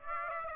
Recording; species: mosquito wingbeat signal from an infrared sensor; Aedes aegypti